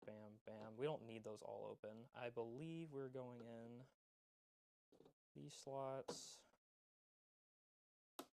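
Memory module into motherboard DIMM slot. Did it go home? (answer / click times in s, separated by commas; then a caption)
yes / 8.2 s. Someone talks while a G.Skill Ripjaws RAM stick is pressed into a motherboard DIMM slot, followed by a short silence. At 8.2 s a sharp click sounds as the retention latch snaps shut and the memory module seats.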